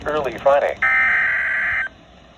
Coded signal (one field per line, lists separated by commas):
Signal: Emergency Alert System (SAME) tones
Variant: header bursts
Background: speech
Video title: EAS #35 Tornado Warning